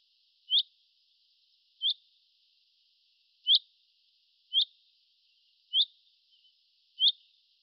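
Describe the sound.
Bird giving six crisp, high upswept chirps at slightly uneven intervals of one to nearly two seconds, with a faint soft note near the end.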